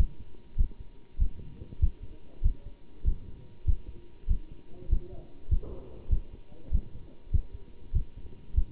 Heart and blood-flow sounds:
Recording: heart sounds by stethoscope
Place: between the tricuspid and mitral areas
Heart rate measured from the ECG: 98 bpm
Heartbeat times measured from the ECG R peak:
0.57 s: heartbeat
1.19 s: heartbeat
1.80 s: heartbeat
2.42 s: heartbeat
3.05 s: heartbeat
3.66 s: heartbeat
4.28 s: heartbeat
4.90 s: heartbeat
5.50 s: heartbeat
6.10 s: heartbeat
6.72 s: heartbeat
7.32 s: heartbeat
7.93 s: heartbeat
8.55 s: heartbeat
From the record:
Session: bicycle stress test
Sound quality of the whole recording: good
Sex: male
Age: 27 years

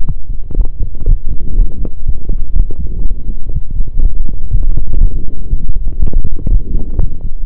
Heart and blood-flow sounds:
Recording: heart sounds by stethoscope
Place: between the tricuspid and mitral areas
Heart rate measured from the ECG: 121 bpm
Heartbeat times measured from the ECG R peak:
0.07 s: heartbeat
0.57 s: heartbeat
1.08 s: heartbeat
1.58 s: heartbeat
2.06 s: heartbeat
2.56 s: heartbeat
3.06 s: heartbeat
3.54 s: heartbeat
4.03 s: heartbeat
4.52 s: heartbeat
5.01 s: heartbeat
5.51 s: heartbeat
6.00 s: heartbeat
6.50 s: heartbeat
7.01 s: heartbeat
From the record:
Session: pedaling a stationary bicycle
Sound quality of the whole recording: saturated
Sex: male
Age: 23 years

